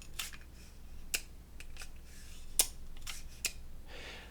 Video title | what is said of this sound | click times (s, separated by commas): A Tour of My Studio!! | if you buy these ones, you get the satisfying click of the case opening and shutting. | 0.2 s, 1.1 s, 2.6 s, 3.4 s